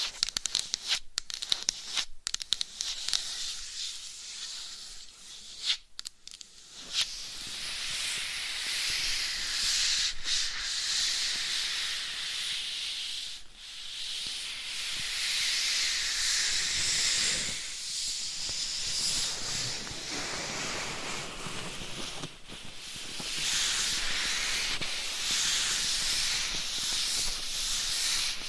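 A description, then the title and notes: Bright scratching and rubbing fill the clip with a steady, dense hiss, swelling and easing in long strokes. The first seven seconds carry sharp, quick taps and clicks between the scratches. After that the rubbing runs continuously with brief dips around 13 and 22 seconds. ASMR Scratching , Tapping & Massage with DIFFERENT Mics , Items & Nails No Talking.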